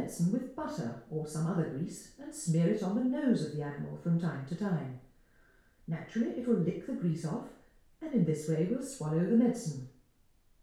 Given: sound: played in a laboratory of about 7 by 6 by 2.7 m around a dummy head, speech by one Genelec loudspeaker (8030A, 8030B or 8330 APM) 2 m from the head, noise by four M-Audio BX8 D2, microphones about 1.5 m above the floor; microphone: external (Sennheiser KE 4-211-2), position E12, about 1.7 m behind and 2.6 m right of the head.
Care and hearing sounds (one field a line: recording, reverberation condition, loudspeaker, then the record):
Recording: female speech in English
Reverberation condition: medium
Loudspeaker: 120 degrees to the right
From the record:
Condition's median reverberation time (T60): about 510 ms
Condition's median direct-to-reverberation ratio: about -0.5 dB